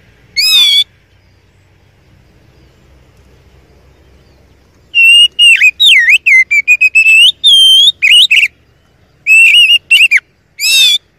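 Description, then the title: Oriental magpie-robin song: one short warble, a quiet pause, then a long busy stretch of varied whistles, trills and slurred notes in quick succession. First-place champion (juara 1) song, used to train other songbirds (masteran). "Masteran Kacer Juara"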